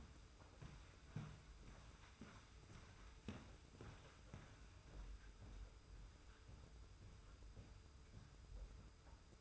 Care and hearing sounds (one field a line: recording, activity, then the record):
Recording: daily activity, microphone in the room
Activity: walk to room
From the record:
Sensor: 2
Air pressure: 991.0 hPa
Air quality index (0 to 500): 111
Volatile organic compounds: 51 ppm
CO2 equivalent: 3312 ppm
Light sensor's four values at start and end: 34/100/39/38 and 34/102/40/38